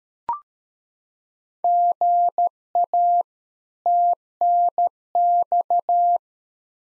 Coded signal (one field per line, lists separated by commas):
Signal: Morse code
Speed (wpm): 13 wpm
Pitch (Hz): 700 Hz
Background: none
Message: GA TNX